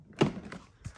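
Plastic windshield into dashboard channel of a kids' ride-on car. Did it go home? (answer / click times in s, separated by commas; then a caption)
no / none. A plastic windshield for an Aokoy Toys Hummer kids' electric ride-on car is handled at the dashboard channel in front of the steering wheel, being lined up with the holes before it is pushed down. A dull thunk at 0.2 s and a lighter knock near 0.5 s are heard, followed by a soft low bump near 0.9 s. Nothing has seated or clicked yet.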